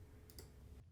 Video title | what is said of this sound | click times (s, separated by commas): 2009 GMC Acadia Generic Cabin Air Filter Replacement PC6205C | you get that in just slide it in until it clicks | 0.3 s, 0.4 s